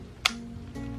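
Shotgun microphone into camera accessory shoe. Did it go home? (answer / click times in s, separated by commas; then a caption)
yes / 0.3 s. A small shotgun microphone is slid onto a camera's accessory shoe and seats with one sharp, bright click at 0.3 s before it is tightened. The click stands out over a steady, low, humming tonal background, which rises slightly in level around 0.75 s.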